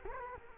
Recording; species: mosquito wingbeat signal from an infrared sensor; Culex quinquefasciatus